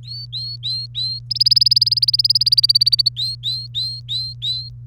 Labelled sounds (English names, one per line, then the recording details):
Domestic Canary song
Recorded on 30 April 2018 at 15:34
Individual llb3